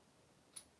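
The adjustment setting on a tool-sharpening jig is moved on to the next detent. A single short, bright click sounds at 0.6 s over a quiet background, as the setting seats into position two.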